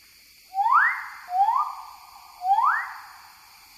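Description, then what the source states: Bird-of-paradise calls: three loud, upward-sweeping whistles, each rising sharply then levelling briefly, with a steady faint hum in the background. Master song used for training songbirds.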